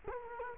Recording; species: mosquito wingbeat signal from an infrared sensor; Culex quinquefasciatus